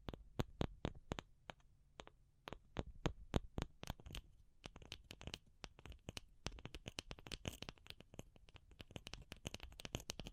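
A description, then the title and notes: Crisp tapping, each tap a sharp, bright click. For the first four seconds the taps come at a steady, moderate pace; after that they speed up into a dense, uneven flurry that runs to the end. A faint low hum sits under the opening seconds. ASMR Pure Tapping Fast and Slow (No Talking).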